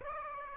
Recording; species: mosquito wingbeat signal from an infrared sensor; Aedes aegypti